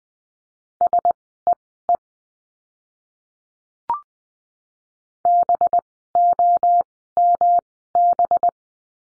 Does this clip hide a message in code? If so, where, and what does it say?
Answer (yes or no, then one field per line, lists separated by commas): yes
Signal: Morse code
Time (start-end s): 0.8-8.5 s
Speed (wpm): 20 wpm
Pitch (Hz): 700 Hz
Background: none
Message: SEE BOMB